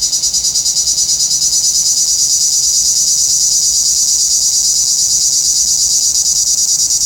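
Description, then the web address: Cicadas singing, a dense, high buzz that pulses steadily about three times a second, with no other clear sounds. "Nature Sounds – Nature Chill Out 2014. Sounds from a Rnewood Cicadas"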